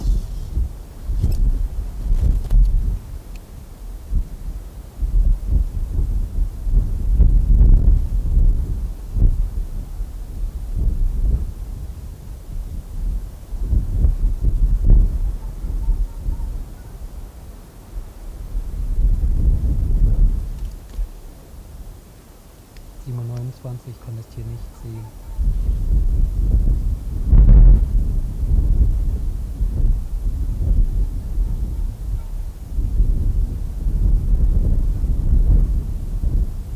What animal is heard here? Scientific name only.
Vulpes lagopus